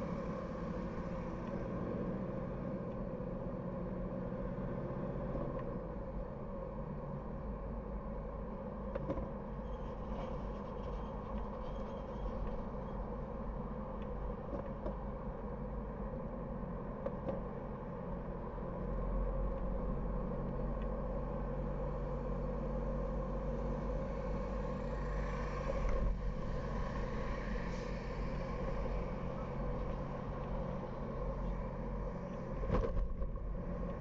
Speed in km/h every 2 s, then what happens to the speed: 37, 40, 40, 43, 44, 46, 47, 47, 47, 46, 48, 51, 51, 49, 47, 48, 46.
0-22 speeds up to 51. 22-34 steady at about 48.